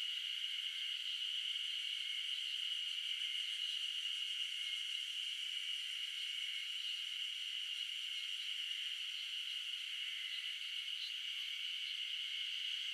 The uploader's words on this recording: The sound of the insects buzzing and humming away on a early summer morning in the mountains of Shizuoka Japan.